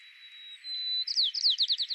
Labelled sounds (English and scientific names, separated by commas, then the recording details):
White-crowned Sparrow (Zonotrichia leucophrys) song
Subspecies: nuttalli
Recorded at Battery East, California, in 2013
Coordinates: 37.808, -122.473
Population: north
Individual beJ_13